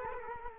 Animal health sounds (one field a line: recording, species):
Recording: mosquito wingbeat signal from an infrared sensor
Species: Culex quinquefasciatus